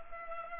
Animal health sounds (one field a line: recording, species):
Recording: mosquito wingbeat signal from an infrared sensor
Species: Culex pipiens